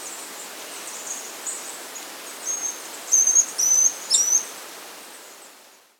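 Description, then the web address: White-tailed tyrannulet song: a few very high, thin whistled notes and short slurred phrases in the middle, over a quiet background hiss. Andes, South America. "S America Andean Birds. White-Tailed Tyrannulet (Mecocerculus Poecilocercus)"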